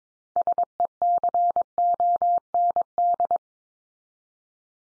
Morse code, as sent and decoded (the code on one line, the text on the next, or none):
... . -.-. --- -. -..
SECOND